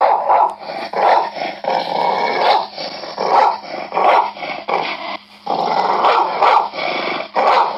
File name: Pitbull Barking